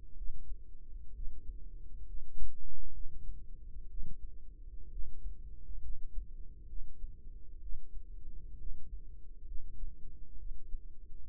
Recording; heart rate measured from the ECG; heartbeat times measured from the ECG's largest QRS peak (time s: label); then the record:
heart sounds by microphone in the right ear; 65 bpm
0.16 s: heartbeat
1.13 s: heartbeat
2.05 s: heartbeat
2.92 s: heartbeat
3.88 s: heartbeat
4.89 s: heartbeat
5.80 s: heartbeat
6.67 s: heartbeat
7.60 s: heartbeat
8.57 s: heartbeat
9.46 s: heartbeat
10.37 s: heartbeat
From the record:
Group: healthy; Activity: rest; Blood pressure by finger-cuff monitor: 101/65 mmHg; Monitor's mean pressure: 75 mmHg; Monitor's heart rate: 66 bpm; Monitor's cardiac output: 5 L/min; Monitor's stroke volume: 76 mL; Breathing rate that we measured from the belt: 17 breaths a minute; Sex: female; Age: 36 years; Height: 163 cm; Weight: 88 kg